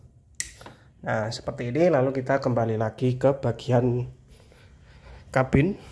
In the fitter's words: Tancapkan soketnya sampai klik.